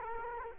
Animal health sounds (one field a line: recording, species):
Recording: mosquito wingbeat signal from an infrared sensor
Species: Culex quinquefasciatus